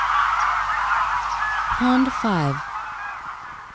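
Greylag goose honks in a thick chorus, then two louder lower calls, the second sliding down in pitch, before the flock noise fades slightly.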